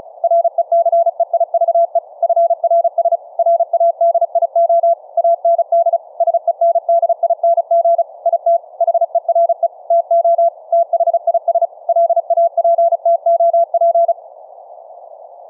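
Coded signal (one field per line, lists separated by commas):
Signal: Morse code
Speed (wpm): 36 wpm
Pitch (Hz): 680 Hz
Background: none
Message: RECEIVE FRS RADIO AND SENDING IT HERE TO THIS LAPTOP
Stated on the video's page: CW audio tones sent by Linux software over FRS two-way radios via the mic jack, with an audio-derived PTT keying circuit for hands-free transmit.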